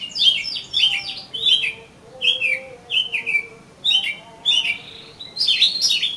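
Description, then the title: Oriental magpie-robin song: a series of varied descending whistled phrases with buzzy edges. "Kacer Kacer"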